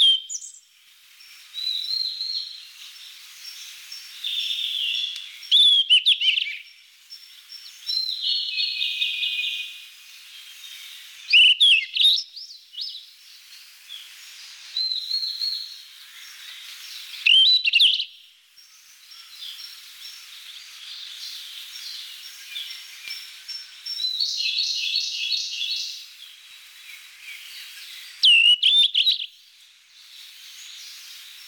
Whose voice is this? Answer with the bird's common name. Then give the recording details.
Yellow-rumped Flycatcher. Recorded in the wild. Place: Kedrojawa Pad-Nationalpark, RU. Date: 1994-06-10. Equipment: Dat-Recorder Casio DA 7, Telinga DAT, Telinga-Parabolspiegel. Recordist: Schwarz, Dieter. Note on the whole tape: Song